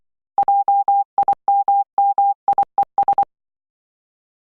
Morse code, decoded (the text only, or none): JIMMIES